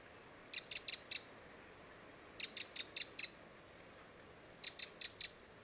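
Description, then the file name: Eurasian wren ticking calls: high, hard clicks in quick clusters of four or five, repeated about every two seconds against a quiet background. "Troglodytes troglodytes"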